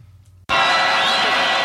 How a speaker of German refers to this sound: wenn jetzt gleich ein schrillender Quietschton durch euren Kopfhörer jagt